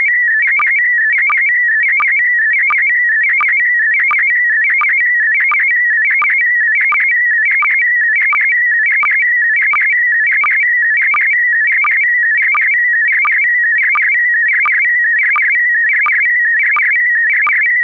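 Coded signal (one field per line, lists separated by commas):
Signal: SSTV (slow-scan television)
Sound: steady warbling electronic tone shifting in steps, with regular short low clicks about every 0.7 seconds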